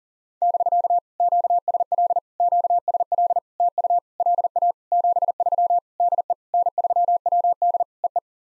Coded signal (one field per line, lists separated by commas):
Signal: Morse code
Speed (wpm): 44 wpm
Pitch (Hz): 700 Hz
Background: none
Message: <BK> QSL QSL TU LA 73 DE N3WD EE